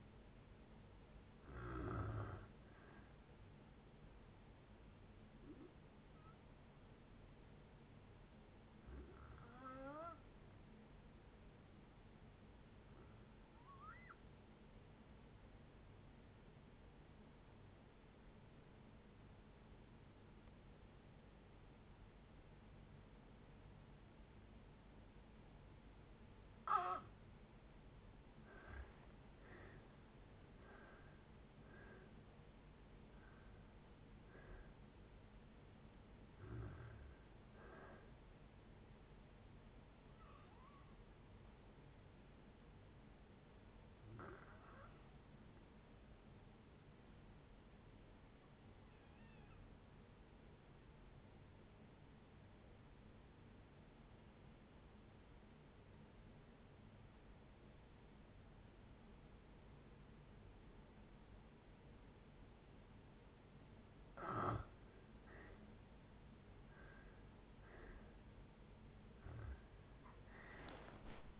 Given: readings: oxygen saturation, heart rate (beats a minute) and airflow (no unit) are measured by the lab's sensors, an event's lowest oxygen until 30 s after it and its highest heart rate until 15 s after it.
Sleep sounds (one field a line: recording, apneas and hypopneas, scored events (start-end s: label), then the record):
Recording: breathing in sleep by a voice recorder at the bedside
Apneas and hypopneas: 2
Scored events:
6.00-29.70 s: hypopnea (N2, oxygen 93% highest, then 79% lowest, heart rate 59 at the start, 75 highest)
32.00-71.40 s: new sleep stage, N1 (lightest sleep)
40.00-65.90 s: hypopnea (N1, oxygen 96% highest, then 78% lowest, heart rate 72 at the start, 78 highest)
From the record:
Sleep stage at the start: N2 (light sleep)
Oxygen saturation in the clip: 79 to 96%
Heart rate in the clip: 57 to 75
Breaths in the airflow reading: 15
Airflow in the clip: -7.4 to 10.2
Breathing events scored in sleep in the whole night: 496 in 5.4 hours asleep